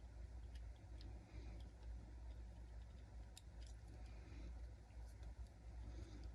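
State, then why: Not seated. Loose light wires are worked back into a groove with tweezers on the plastic light shield inside an HO model locomotive shell, before the shield is to be snapped into place with pliers. Small tool and handling ticks at about 1.0, 3.4 and 3.7 seconds sit over a steady low hum. Nothing has seated or clicked yet.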